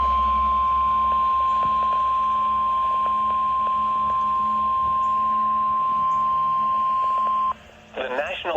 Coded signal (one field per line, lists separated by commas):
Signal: Emergency Alert System (SAME) tones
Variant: 1050 Hz attention tone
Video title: (EAS #469) Severe Thunderstorm Warning for Jefferson, Rock, Walworth, and Waukesha, Wisconsin